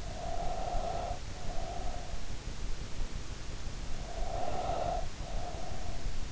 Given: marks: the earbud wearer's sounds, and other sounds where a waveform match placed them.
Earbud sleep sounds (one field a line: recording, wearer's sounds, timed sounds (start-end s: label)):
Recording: sounds in sleep by an in-ear microphone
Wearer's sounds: breath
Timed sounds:
0.03-2.04 s: breath
3.84-6.08 s: breath